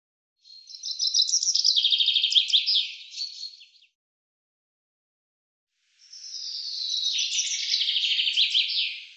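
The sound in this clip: Common chaffinch song, two phrases of quick trilled notes that tumble downward, with a silent pause of about two seconds between them.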